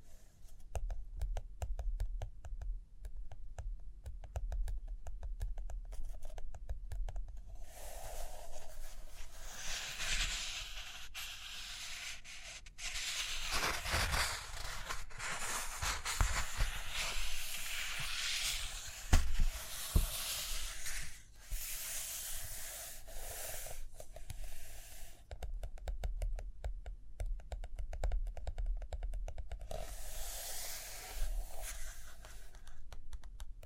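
Pages turning, tapping, and pen or pencil scratching on paper. Quick dense ticks and taps run throughout, broken by longer rustling, scratchy sweeps around 8–14, 15–20 and 30–33 seconds, with a faint steady hiss and low rumble underneath.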